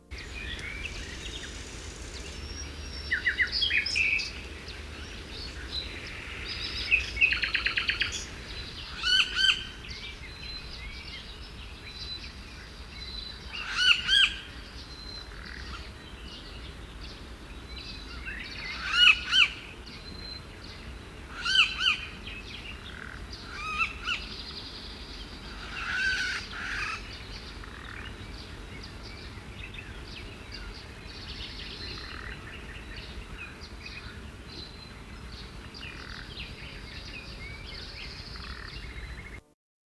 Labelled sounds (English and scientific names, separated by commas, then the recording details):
Eurasian Golden Oriole (Oriolus oriolus) call
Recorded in the wild
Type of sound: call
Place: Ljubimez, Khaskovo, BG
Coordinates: 41.847, 26.086
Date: 1974-05-31
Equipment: Nagra III BH, Sennheiser MD 21, parabola
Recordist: Schubert, Michael
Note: Pirol warnt vor Kurzfangsperber, sehr ungewöhnliche, starke Rufe